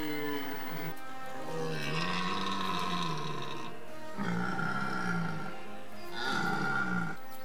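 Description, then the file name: Red deer stag roaring, three deep, rough, drawn-out bellows separated by short pauses. Stag bellowing during the rut. "BRAME DU CERF"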